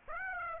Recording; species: mosquito wingbeat signal from an infrared sensor; Aedes aegypti